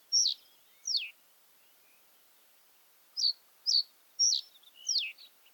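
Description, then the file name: Common reed bunting calling: thin high downslurred notes in small bunches with a two-second pause, otherwise quiet. "common reed bunting - emberiza schoeniclus"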